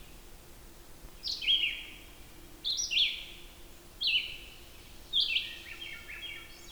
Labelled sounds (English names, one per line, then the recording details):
Red-eyed Vireo song
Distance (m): 15 m
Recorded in boreal forest in Alberta, Canada, on 14 June 2016 at 06:41
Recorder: SongMeter 3, array SBT-3-33
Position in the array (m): 153 m, 181 m